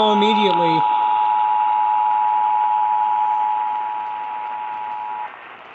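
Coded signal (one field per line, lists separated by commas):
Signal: Emergency Alert System (SAME) tones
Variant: 853 and 960 Hz attention tone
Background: speech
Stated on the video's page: Emergency Alert System tests.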